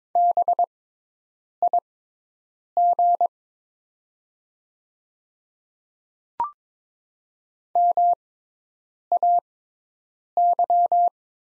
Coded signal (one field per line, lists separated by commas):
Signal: Morse code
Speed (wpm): 22 wpm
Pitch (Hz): 700 Hz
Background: none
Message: BIG MAY